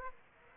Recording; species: mosquito wingbeat signal from an infrared sensor; Aedes aegypti